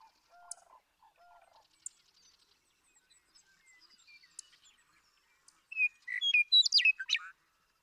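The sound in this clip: Western meadowlark song near the end, a quick burst of bright gurgling, flute-like notes, after quieter chirps and soft notes.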